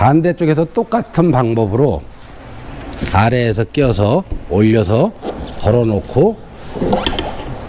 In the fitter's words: 여기에서 이렇게 낀 다음에 완타치에서 딸깍딱 소리가 나면은 자체가